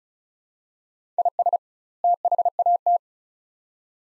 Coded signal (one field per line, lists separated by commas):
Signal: Morse code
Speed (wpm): 36 wpm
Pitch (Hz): 700 Hz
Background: none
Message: IS THAT